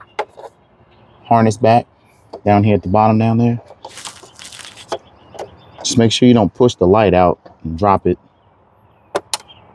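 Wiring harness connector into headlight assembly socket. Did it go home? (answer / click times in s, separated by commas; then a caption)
yes / 9.3 s. A wiring harness connector is pushed into the socket at the bottom of the back of a 2015–2019 Hyundai Sonata headlight assembly while someone talks. A sharp click at 9.3 s marks the connector locking in, and it is seated.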